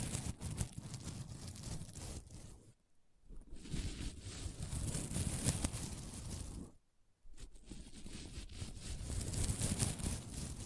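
Sequins on a mermaid pillow are scratched and brushed in a dense, rough, continuous rasp full of bright crackle and low rumble. The scratching stops briefly around 3 seconds and again near 7 seconds, then resumes at a steady level each time.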